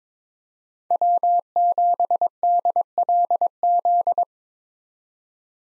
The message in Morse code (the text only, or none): W7DLZ